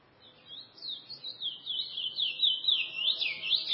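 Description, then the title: Chestnut-bellied seed finch song building from soft to loud, a flowing chain of fluty whistled notes that bend and wobble continuously throughout. "Canto De Curio"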